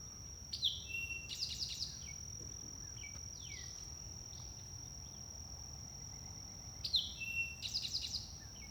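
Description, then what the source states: Towhee calls, short sharp notes with quick downslurred chips in two brief bursts several seconds apart, over a constant high, thin insect-like whine. Recorded on 27 July 2023.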